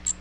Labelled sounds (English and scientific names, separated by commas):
Magnolia Warbler (Setophaga magnolia) flight call